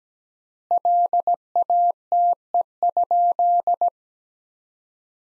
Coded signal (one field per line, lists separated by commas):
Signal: Morse code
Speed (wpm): 17 wpm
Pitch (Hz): 700 Hz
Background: none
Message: LATE?